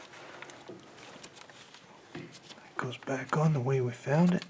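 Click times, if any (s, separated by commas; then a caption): none. A wiring harness plug is lined up with the variable valve timing camshaft position actuator solenoid on a Chevy Colorado before being pressed home. Only faint handling taps and rustles are heard, and then someone talks. Nothing has seated or clicked yet.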